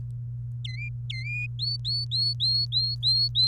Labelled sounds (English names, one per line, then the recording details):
Domestic Canary song
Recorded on 29 April 2018 at 05:44
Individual llb3